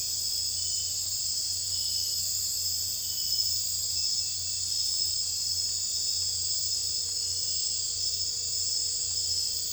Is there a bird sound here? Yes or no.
no